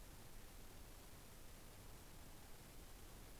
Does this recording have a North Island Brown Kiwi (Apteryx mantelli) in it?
no